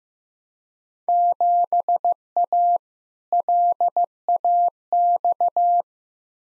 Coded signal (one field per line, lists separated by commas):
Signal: Morse code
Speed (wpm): 15 wpm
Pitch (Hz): 700 Hz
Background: none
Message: 7A LAX